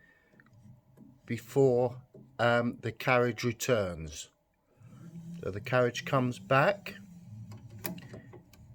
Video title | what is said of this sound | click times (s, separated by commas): carriage latch | you hear a click | 7.9 s